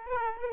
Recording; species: mosquito wingbeat signal from an infrared sensor; Aedes aegypti